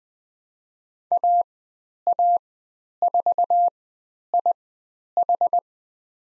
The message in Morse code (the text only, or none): AA4IH